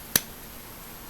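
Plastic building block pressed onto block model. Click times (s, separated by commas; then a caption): 0.2 s. A plastic building block is pressed down by hand onto a block model build, a teddy bear. A single sharp snap is heard at 0.2 s against quiet background. The block snaps home and is seated, which is how it is supposed to sound.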